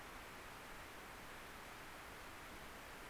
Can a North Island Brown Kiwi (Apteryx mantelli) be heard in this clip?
no